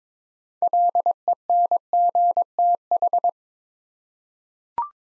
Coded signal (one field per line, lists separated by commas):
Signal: Morse code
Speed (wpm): 22 wpm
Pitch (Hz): 700 Hz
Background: none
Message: LENGTH